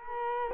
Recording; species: mosquito wingbeat signal from an infrared sensor; Culex quinquefasciatus